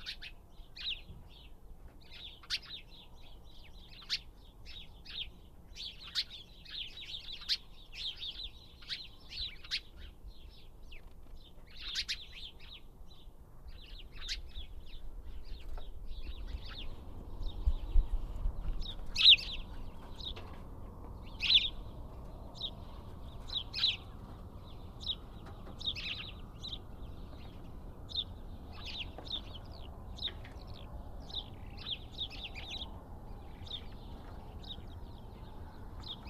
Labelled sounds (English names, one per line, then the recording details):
House Sparrow call
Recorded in the wild
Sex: diverse
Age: adult
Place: Kremmen, Kremmener Luch, Brandenburg, DE
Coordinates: 52.7486, 13.0667
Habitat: village
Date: 2013-03-16
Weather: sunny, almost windless, -10°C
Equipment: Sound Devices 702, Sennheiser MKH 70, Rycote Windschutz
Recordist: Frommolt, Karl-Heinz